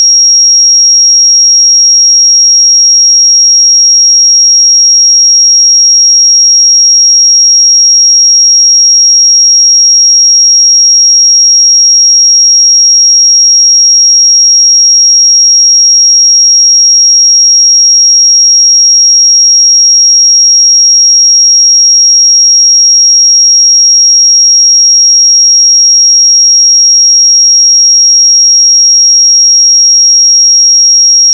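A pure sine tone at 5606 Hz holds perfectly steady for the full half minute, a single thin, bright whistle-like pitch. The level never changes, with no wavering, breaks or background sound of any kind.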